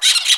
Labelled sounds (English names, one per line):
Brown-throated Parakeet contact call